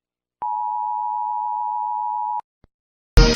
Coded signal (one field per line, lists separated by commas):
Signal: Emergency Alert System (SAME) tones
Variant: 853 and 960 Hz attention tone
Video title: EAS Scenario:TikTok